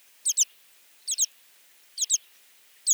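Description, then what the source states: American pipit calls: high, thin paired notes, a quick double pip repeated about once a second, four times, with silence between. Frequent visitors to roadside mudflats and crop fields, open habitats that serve as stopover sites for migratory shorebirds.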